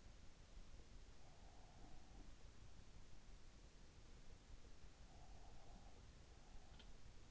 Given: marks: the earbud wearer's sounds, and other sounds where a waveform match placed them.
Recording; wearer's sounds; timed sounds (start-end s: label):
sounds in sleep by an in-ear microphone; breath
1.27-2.28 s: breath
4.92-6.87 s: breath